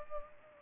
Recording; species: mosquito wingbeat signal from an infrared sensor; Culex pipiens